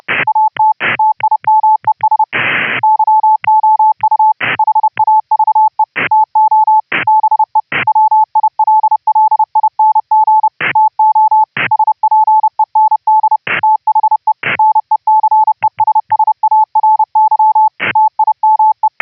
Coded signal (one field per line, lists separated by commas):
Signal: Morse code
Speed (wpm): 30 wpm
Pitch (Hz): 870 Hz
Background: radio noise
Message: AT TIMES YOU HAVE TO BE WILLING TO SPEND THE NECESSARY TIME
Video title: HAM RADIO - Remote RIG WIRELESS "audio OVER ip" using GStreamer pipelines - laptop to Raspberry PI